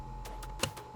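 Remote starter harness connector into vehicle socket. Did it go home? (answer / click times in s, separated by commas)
yes / 0.6 s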